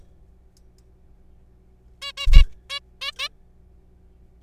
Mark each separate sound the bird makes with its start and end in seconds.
2.02-2.12, 2.17-2.27, 2.33-2.42, 2.70-2.79, 3.01-3.11, 3.19-3.28